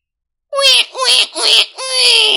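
A newborn baby cries just after being born, in four loud, high-pitched wailing bursts, each rising and falling with brief catches of breath between them, with no other voices or sounds.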